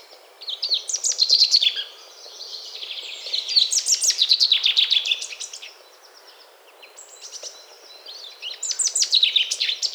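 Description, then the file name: Common chaffinch song, three phrases of rapid notes falling in pitch, spaced a few seconds apart, the last cut off at the end. "Fringilla coelebs"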